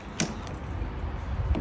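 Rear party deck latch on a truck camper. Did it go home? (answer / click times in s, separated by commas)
no / none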